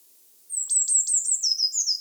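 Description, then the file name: Eurasian blue tit calling: a run of very high, thin notes with sharp downward strokes, flowing into a lower, buzzy chattering trill. Nothing else audible. "Cyanistes caeruleus"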